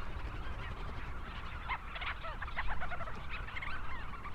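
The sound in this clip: Leach's storm petrel calls, quick chattering notes and short rising and falling phrases, with constant low-pitched rumbling noise beneath.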